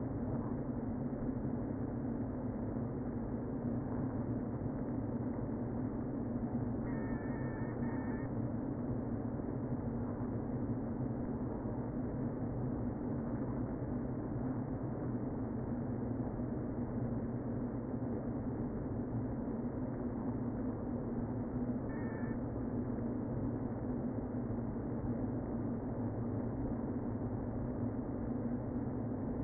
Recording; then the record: honeybee colony, microphone inside the hive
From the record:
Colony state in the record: queen present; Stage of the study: before two queens were removed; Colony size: about 60,000 bees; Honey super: yes